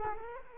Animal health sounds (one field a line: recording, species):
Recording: mosquito wingbeat signal from an infrared sensor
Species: Culex quinquefasciatus